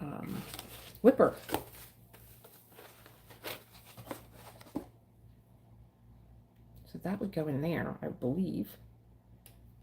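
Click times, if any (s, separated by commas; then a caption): 9.5 s. Someone talks while handling a whisk attachment from a starter kit's small handheld whipper/frother, then fits it into its slot. A single sharp tick is heard at 9.5 s as the attachment snaps in and seats.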